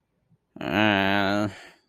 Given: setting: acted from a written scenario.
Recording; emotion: vocal sound without words; shame